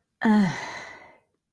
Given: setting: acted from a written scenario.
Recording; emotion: vocal sound without words; contempt